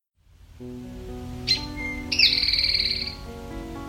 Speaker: Eastern Towhee has one of the most famous mnemonics of all of North America's songbirds.